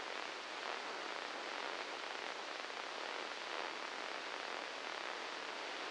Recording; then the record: brain microelectrode recording played as sound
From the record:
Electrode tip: inside the subthalamic nucleus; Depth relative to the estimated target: -1 mm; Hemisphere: left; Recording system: NeuroSet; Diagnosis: Parkinson's disease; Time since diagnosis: 7 years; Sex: male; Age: 44 years